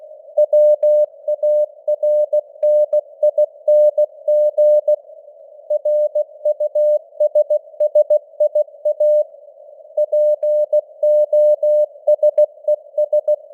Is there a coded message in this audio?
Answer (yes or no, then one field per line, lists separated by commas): yes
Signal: Morse code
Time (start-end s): 0.4-13.3 s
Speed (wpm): 16 wpm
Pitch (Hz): 600 Hz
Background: none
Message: WARNING RUSSIA POSES